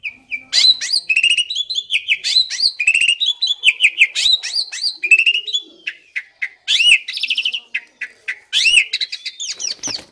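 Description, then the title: Asian pied starling song, a dense run of varied whistles, rising and falling slurred notes and harsh buzzy bursts, nearly continuous throughout. Training audio used to prompt birds that sing too little or seem sluggish into singing more. "Masteran Jalak Suren Atasi Burung KURANG GACOR Dan LOYO"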